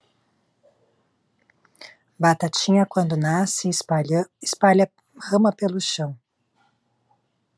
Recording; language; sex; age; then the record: short text; Brazilian Portuguese; female; 40 to 49 years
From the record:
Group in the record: control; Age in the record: 43 years